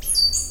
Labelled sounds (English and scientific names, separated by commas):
Stitchbird (Notiomystis cincta) song